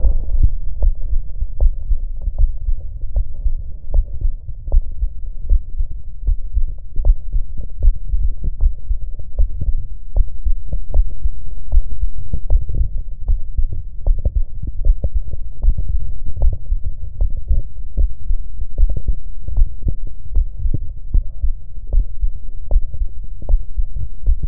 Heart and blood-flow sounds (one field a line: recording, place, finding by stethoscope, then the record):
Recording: heart sounds by stethoscope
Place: tricuspid valve (TV)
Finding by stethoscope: normal heart sounds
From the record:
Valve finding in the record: normal valve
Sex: female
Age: 39 years